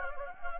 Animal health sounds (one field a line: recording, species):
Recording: mosquito wingbeat signal from an infrared sensor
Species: Anopheles gambiae